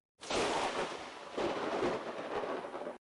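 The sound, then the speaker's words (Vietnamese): Thunder breaks in suddenly with a loud, harsh roar as lightning flashes in dark clouds, then surges again partway through and keeps rumbling heavily until the end, with no voices. “Đúng lúc này, một tia chớp lóe lên trong mây đen, tiếng sấm rền biến thành tiếng sấm vang rồi, cực kỳ đáng sợ.”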